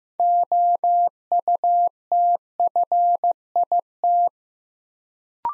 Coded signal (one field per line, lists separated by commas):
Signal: Morse code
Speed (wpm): 15 wpm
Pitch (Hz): 700 Hz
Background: none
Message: OUTFIT